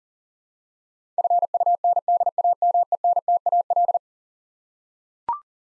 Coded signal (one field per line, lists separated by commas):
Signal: Morse code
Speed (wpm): 40 wpm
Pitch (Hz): 700 Hz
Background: none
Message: FUNDAMENTAL